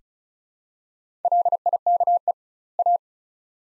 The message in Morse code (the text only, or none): LIKE A